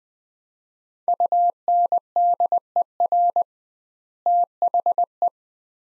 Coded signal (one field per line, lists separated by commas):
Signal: Morse code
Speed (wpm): 20 wpm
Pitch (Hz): 700 Hz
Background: none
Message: UNDER THE